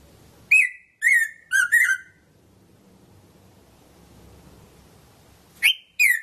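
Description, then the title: Red-throated parrotfinch calls: a burst of four ringing, harmonic notes, then a few seconds of quiet before two more similar sharp notes. "Erythrura Psittacea"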